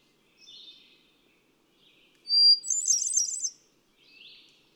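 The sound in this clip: A hermit thrush sings a very high phrase: a brief piercing whistle and a dense shimmering trill, with softer-sounding phrases before and after.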